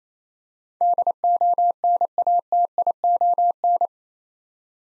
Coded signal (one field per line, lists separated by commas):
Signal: Morse code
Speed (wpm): 27 wpm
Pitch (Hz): 700 Hz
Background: none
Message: DONATION